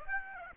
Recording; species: mosquito wingbeat signal from an infrared sensor; Aedes aegypti